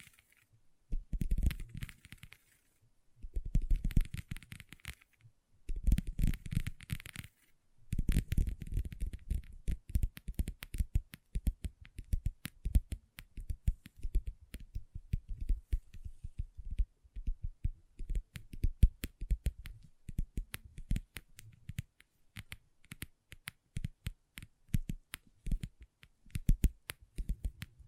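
Long nails tap and scratch on a table, opening with short dense bursts, then settling into steady rapid clicking taps for the rest.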